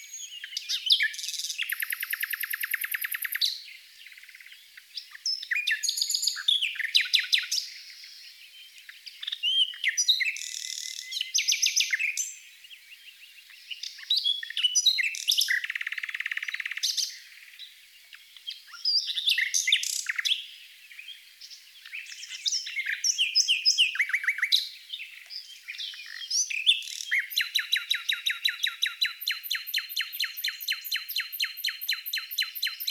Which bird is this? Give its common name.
Common Nightingale